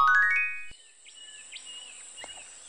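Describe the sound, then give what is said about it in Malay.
A quick run of rising chime notes gives way to the soft, scattered chirps and short whistled tweets of a cockatoo perched at a window, with no voices. “ini namanya burung kakak tua.”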